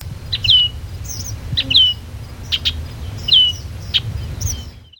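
Orchard oriole song: short bright slurred whistles and sharp chips in brief bursts roughly every second, some notes dropping in pitch, over a low steady background rumble.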